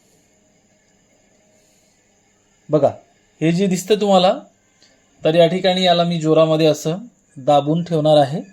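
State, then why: Not seated. A fountain pen ink cartridge is lined up at the pen section, ready to be pressed in firmly, while someone talks over a quiet background. Nothing has seated or clicked yet.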